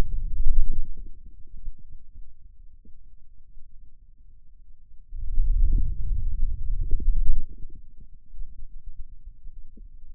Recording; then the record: forearm muscle sounds (acoustic myography)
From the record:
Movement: wrist extension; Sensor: system 2, bracelet of six BSWA MPA416 microphones around the upper forearm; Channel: 3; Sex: male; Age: 22 years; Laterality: right